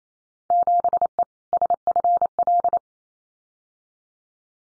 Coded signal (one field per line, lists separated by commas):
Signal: Morse code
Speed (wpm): 28 wpm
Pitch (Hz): 700 Hz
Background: none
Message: 7E SFL